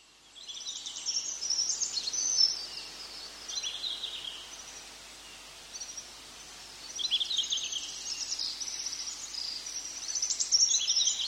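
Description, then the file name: Japanese accentor giving high, hurried warbling phrases of thin tinkling notes, two main bursts separated by a brief lull, with light background hiss. "kayakuguri"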